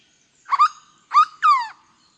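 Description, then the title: Hooded berryeater song: three loud, harsh, nasal notes, the first doubled, the last longest and slurring downward, then silence. "LuckyPassaro Completos2Sama. Hooded Berryeater (Carpornis cucullata)"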